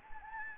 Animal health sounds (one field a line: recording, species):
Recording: mosquito wingbeat signal from an infrared sensor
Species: Anopheles gambiae